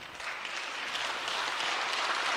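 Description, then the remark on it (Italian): Steady applause in the Senate chamber after a speech by Conte, a dense continuous patter of many hands clapping at an even loudness with no voices breaking through. “Così Conte, l'applauso direi scontato del Senato.”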